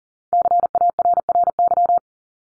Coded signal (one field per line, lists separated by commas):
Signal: Morse code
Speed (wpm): 40 wpm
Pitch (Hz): 700 Hz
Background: none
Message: CARRY